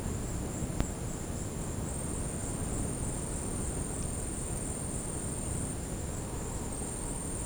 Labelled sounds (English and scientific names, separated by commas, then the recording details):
none
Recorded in dense forest near Puerto Asís, Putumayo, Colombia, on 19 February 2024 at 14:00
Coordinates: 0.486, -76.316
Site G6437